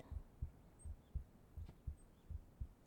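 Soft, deep paired thumps in a steady, calming lub-dub rhythm at about 80 beats a minute, as if heard with the ear against someone's chest. The heartbeat is even and regular, with no extra sounds between the beats.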